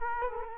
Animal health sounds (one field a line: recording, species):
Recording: mosquito wingbeat signal from an infrared sensor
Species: Culex quinquefasciatus